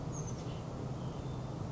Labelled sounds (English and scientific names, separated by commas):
Oak Titmouse (Baeolophus inornatus)